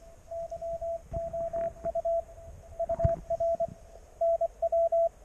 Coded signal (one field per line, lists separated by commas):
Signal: Morse code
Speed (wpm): 24 wpm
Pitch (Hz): 670 Hz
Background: radio noise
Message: YOU UR NW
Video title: QRP. 9v battery 2Watts